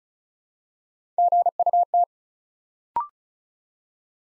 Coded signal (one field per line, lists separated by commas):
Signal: Morse code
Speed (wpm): 36 wpm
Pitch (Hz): 700 Hz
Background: none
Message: GUT